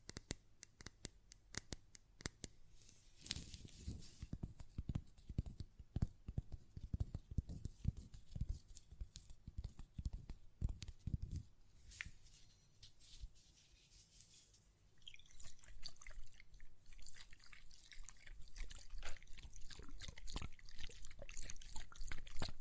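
Glass perfume bottle tapped in quick, uneven clicks, with heavier knocks and lid handling around 3–12 seconds, then lighter rapid ticking after 15.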